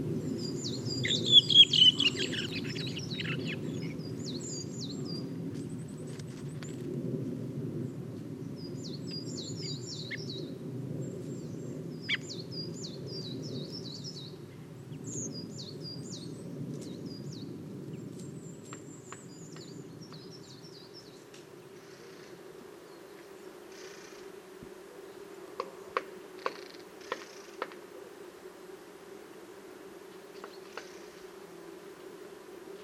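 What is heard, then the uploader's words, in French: Many birds chirp in high, repeated bursts over a low airplane rumble that fades around twenty seconds, leaving a quieter hum and sharp clicks. Safari sonore - Automne à la Sarcena. Voici le résumé d'un safari sonore effectué en forêt de Val Drôme. Beaucoup d'oiseaux en cette belle matinée ensoleillée, mais aussi beaucoup d'avions.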